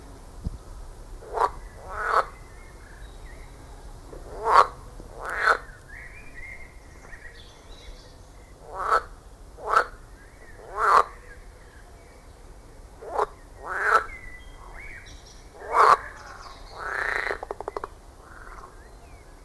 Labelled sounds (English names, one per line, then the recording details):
Edible Frog
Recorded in the wild
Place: Lübars, Benekendorffstraße, Berlin, DE
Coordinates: 52.6167, 13.3469
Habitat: Gartenteich
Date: 2000-06-10 21:46
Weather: heiter, 25°C
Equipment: Marantz CP 430, Sennheiser ME 80, Kopie Uher 4000 Report Monitor
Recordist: Tembrock, Günter